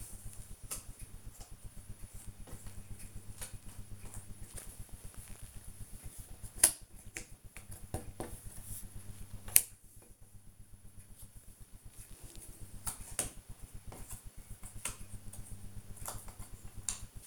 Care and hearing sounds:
household activities, microphone on the right wrist
0.00-17.27 s: doing a puzzle

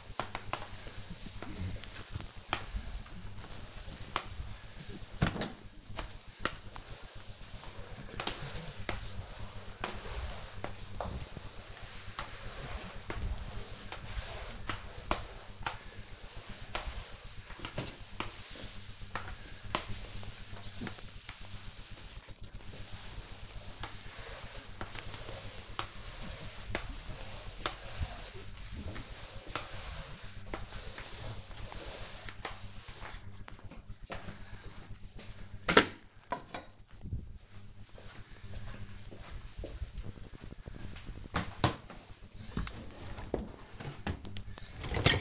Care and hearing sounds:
household activities, microphone on the right wrist
0.00-32.81 s: floor cleaning
42.85-45.21 s: cleaning out the dishwasher

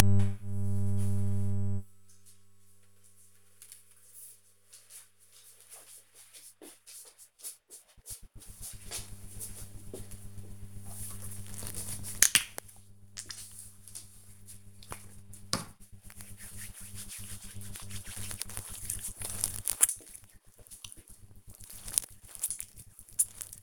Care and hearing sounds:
household activities, microphone on the right wrist
10.43-23.63 s: cream hands

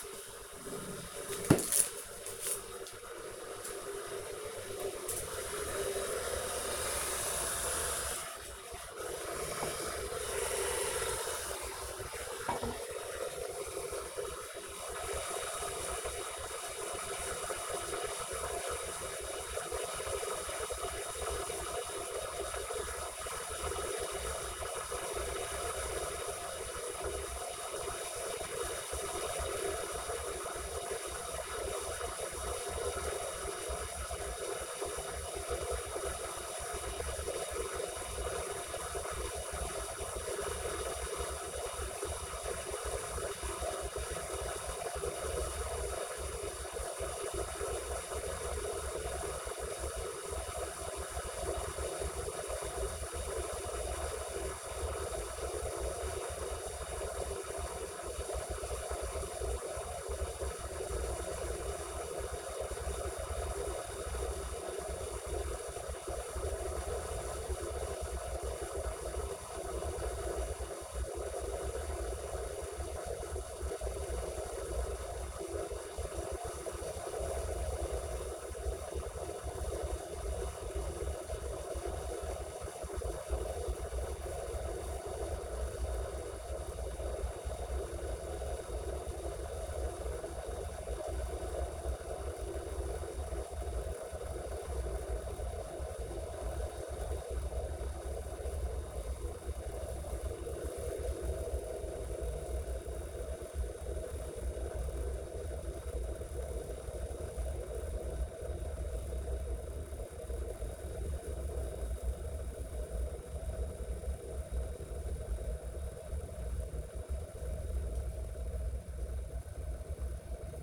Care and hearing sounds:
household activities, microphone on the right wrist
0.00-120.63 s: making tea

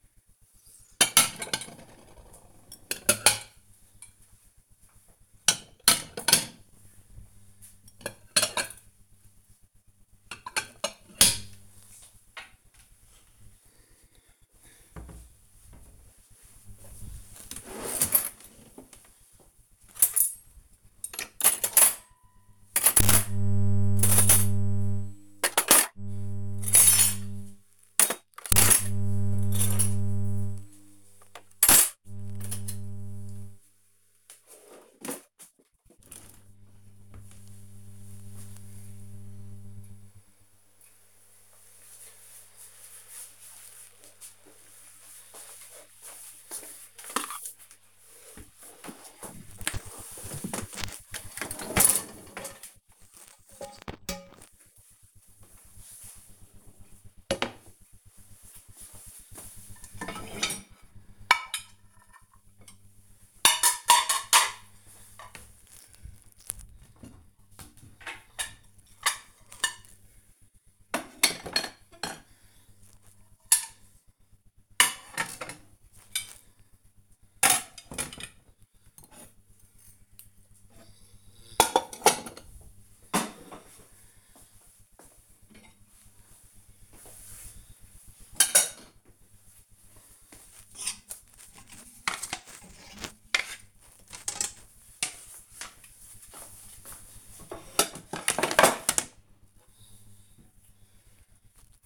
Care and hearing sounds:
household activities, microphone on the right wrist
0.00-35.57 s: putting away the dishes
44.66-101.86 s: cleaning out the dishwasher

